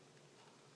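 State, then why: Not seated. A metal retaining clip is being hooked down into an Evercast Camo Fishoflauge fishing reel during a Boca bearing install. Only a steady, faint broadband hiss is heard, with no distinct click or sharp transient. Nothing has seated or clicked yet.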